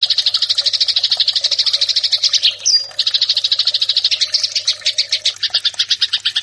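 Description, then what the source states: Eurasian tree sparrow chattering song, a rapid string of high chirps, briefly interrupted midway before the fast chirping resumes. Fighting-style (tarung) song of the sparrow, locally called burung gereja.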